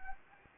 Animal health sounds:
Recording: mosquito wingbeat signal from an infrared sensor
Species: Anopheles gambiae

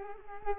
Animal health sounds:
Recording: mosquito wingbeat signal from an infrared sensor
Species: Culex quinquefasciatus

